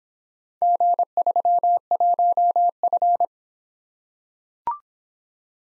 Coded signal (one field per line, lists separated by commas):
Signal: Morse code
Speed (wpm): 23 wpm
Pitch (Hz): 700 Hz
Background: none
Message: G31F